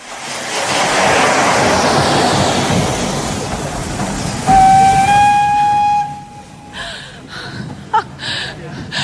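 A loud rushing hiss of steam, then a steam train whistle sounds one steady, shrill blast for about a second and a half at a railway station in Kraków, followed by scattered voices and bustle.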